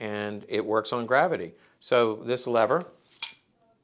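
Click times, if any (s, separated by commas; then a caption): 3.2 s. Someone talks while working the lever on a WW2 gravity knife, a Luftwaffe-issued knife. The steel blade drops out by gravity and locks into the handle with a sharp metallic clink at 3.2 s, and the blade is seated open.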